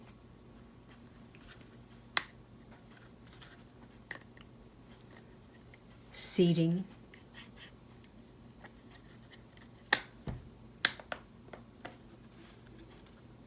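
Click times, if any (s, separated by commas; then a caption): 9.9 s, 10.9 s. A plastic protective Otterbox case shell is pressed back onto an iPhone after cleaning, and someone talks briefly. Its edges snap into place on both sides with sharp clicks at 9.9 s and 10.9 s, followed by a few softer ticks, leaving the case seated.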